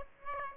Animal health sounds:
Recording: mosquito wingbeat signal from an infrared sensor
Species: Aedes aegypti

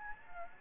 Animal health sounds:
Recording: mosquito wingbeat signal from an infrared sensor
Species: Anopheles gambiae

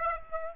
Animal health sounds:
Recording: mosquito wingbeat signal from an infrared sensor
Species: Aedes aegypti

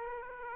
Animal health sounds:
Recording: mosquito wingbeat signal from an infrared sensor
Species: Aedes aegypti

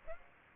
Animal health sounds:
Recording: mosquito wingbeat signal from an infrared sensor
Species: Aedes aegypti

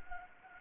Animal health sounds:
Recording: mosquito wingbeat signal from an infrared sensor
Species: Anopheles gambiae

